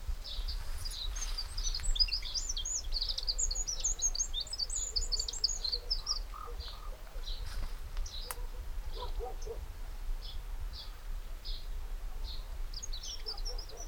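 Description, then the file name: Eurasian wren giving rapid, high, scattered notes and short trills, with a few lower notes, over constant low background noise. "Troglodytes troglodytes"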